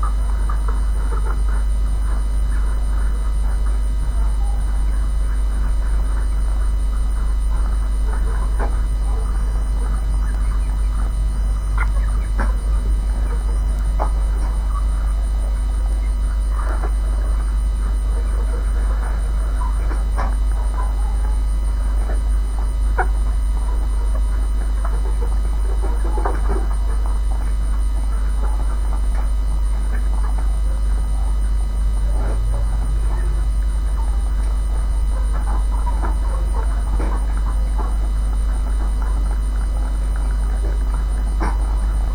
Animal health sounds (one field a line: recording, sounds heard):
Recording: poultry house recording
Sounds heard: sick chickens (respiratory disease)